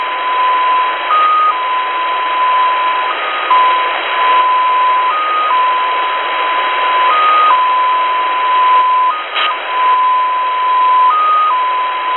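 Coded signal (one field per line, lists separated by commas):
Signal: numbers station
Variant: XPA2 polytone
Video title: Russian XPA2 polytone number station at 17462 kHz (short message(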